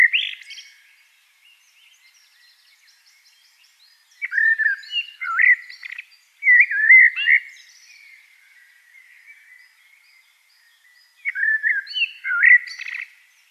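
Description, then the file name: Eurasian blackbird giving mellow, whistled song phrases in several bursts separated by quiet gaps. "Turdus merula"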